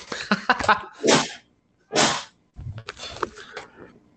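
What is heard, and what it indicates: A sharp two-part adult sneeze bursts out between stretches of casual conversation.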